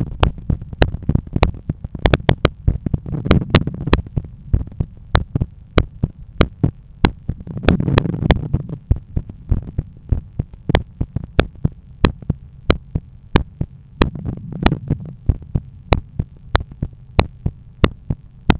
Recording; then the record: heart sounds by stethoscope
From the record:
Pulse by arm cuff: 90 bpm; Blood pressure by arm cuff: 126/79 mmHg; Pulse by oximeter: 88 bpm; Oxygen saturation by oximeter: 96%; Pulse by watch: 92 bpm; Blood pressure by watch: 128/82 mmHg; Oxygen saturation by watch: 97%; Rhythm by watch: sinus rhythm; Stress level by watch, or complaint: low stress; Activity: after 10 min smoking and coffee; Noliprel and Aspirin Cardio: after pills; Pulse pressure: 47 mmHg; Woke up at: 7:50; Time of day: 9:50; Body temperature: 36.6 C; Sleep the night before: 7 h 52 min, score 75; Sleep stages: REM 24%, light 55%, deep 12%, awake 9%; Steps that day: 9500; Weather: sunny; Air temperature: 18.5 C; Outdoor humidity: 80%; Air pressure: 1013 hPa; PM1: 4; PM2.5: 7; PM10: 9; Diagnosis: hypertension, treated with Noliprel and Aspirin Cardio 100 mg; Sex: male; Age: 53 years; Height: 174 cm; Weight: 81 kg